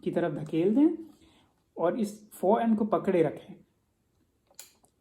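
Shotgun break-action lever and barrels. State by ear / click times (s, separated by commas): released / 4.6 s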